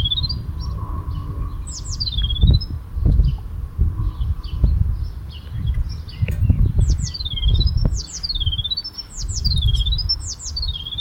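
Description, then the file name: Eurasian blue tit: repeated high, swooping notes that drop then rise, in loose groups throughout, amid constant low rumbling and knocking noise. "Cyanistes caeruleus"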